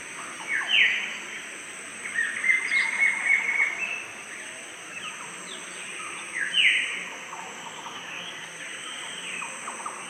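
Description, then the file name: Red-breasted Paradise Kingfisher calls: sharp notes, a drawn-out whistled note and short trailing notes, with a steady high insect drone throughout. "suara cekakak pita dada jingga"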